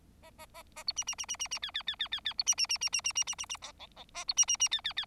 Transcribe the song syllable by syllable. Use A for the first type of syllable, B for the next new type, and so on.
A A A A B C C C C C C D D D D D D B C C C C C C C C C C A E E A B C C C D D D